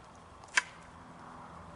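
A kopis sword blade is pushed through the last 10–15 mm into its custom wooden scabbard, whose formed wood inside locks the blade in place so it doesn't bounce around or come out. A single sharp, bright click sounds at 0.6 s against a quiet background. The blade seats and is locked home.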